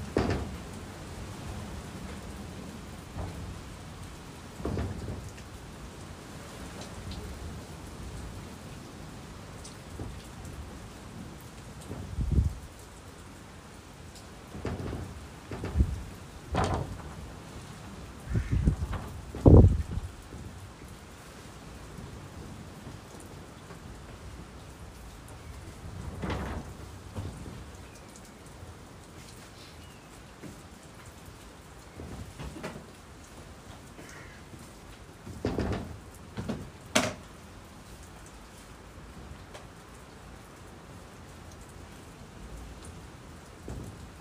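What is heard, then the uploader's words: Rain falls under the eaves as a soft, steady hiss, with irregular heavy drops landing as sharp smacks and thuds. The drips come unevenly, bunching up between about twelve and twenty seconds and again near thirty-six seconds, with quieter stretches between. Raining under the eaves.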